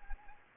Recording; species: mosquito wingbeat signal from an infrared sensor; Anopheles gambiae